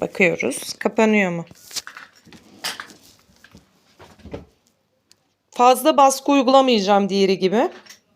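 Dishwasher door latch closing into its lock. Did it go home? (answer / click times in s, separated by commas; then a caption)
no / none. Someone talks while handling a dishwasher door after its lock was repaired, checking whether the latch now closes into its lock without heavy pressure, whereas it used to take both hands. A few light handling knocks and taps sound between about 1.9 and 4.3 seconds, then the talking resumes. The latch has not caught yet, and nothing has seated or clicked by the end of the clip.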